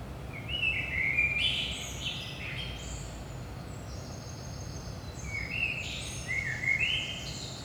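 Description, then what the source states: Blackbird delivering two warbled phrases a few seconds apart, each a low flute-like run ending in thin squeaky notes, over faint constant rumble. Blackbird at 5 am in the early morning, Saint-Gilles, Belgium; DPA 4060 microphones in AB position into a Zoom F3.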